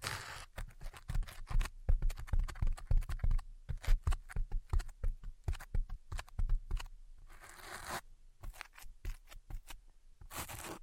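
Quick tapping and scratching sounds come in dense, irregular bursts, with many sharp clicks packed together and short pauses between runs. A few longer, hissy scrapes stand out, around the eighth second and at the very end, and the clicks carry a dull low thump.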